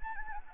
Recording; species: mosquito wingbeat signal from an infrared sensor; Anopheles arabiensis